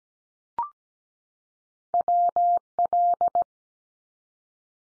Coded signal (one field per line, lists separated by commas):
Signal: Morse code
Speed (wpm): 17 wpm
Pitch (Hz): 700 Hz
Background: none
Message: WL